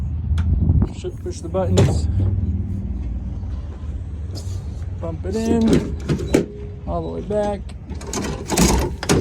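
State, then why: Seated. Someone talks while a stowable step on a Super Duty pickup truck's tailgate is released with its buttons, then pushed all the way back into its stowed position. The metal latch clicks at about 9.0 s and 9.1 s as the step seats.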